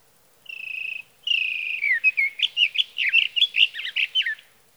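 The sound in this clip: Sage thrasher song: a held buzzy note, a second longer note that slides down, then a fast jumble of warbled notes.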